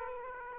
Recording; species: mosquito wingbeat signal from an infrared sensor; Aedes aegypti